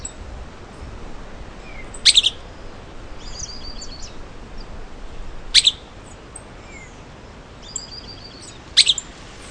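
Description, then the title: Streaked flycatcher giving three sharp, squeaky, explosive calls about every three and a half seconds, with faint high chattering between them over steady background hiss. "LuckyPassaro Completos2Sama. Streaked Flycatcher (Myiodynastes maculatus)"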